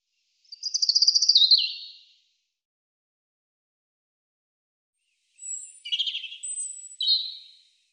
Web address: cianscape birddata Deverinetal 2025 Bird Er Ru